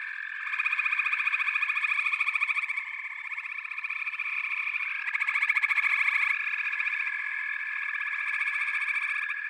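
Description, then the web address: Frog chorus with rapid rhythmic pulsing trills and constant shrill tones, loud swells early on and again around the middle. "Nature Sounds The Natural Sounds of the Wilderness. Echoes of Nature - Frog Chorus"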